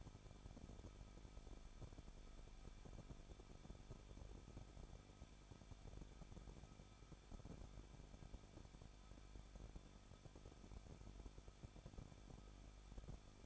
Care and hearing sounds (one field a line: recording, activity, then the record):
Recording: daily activity, microphone in the room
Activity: no activity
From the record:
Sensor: 5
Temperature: 20.8 degrees Celsius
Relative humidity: 38.5%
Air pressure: 1006.5 hPa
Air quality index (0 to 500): 190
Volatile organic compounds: 20 ppm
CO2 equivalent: 2683 ppm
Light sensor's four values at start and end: 2/3/1/1 and 2/3/1/1